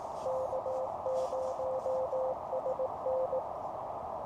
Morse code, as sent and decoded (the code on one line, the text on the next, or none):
-.- ----- ... -.
K0SN